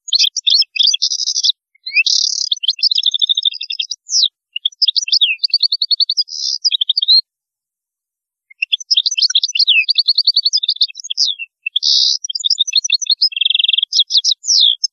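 European goldfinch in full song, loud streams of tinkling, twittering and buzzy high notes, broken by a few pauses, the longest midway.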